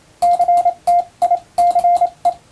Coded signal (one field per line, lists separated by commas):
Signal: Morse code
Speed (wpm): 28 wpm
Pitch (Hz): 700 Hz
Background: radio noise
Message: CTI CE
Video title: 毎日モールスの受信練習をしよう！普通文の欧文モールス符号をエレキーで打ってみました！ちょっと早いですがYouTubeの再生速度を調整して自分の好みの速さで聴こう morse code practice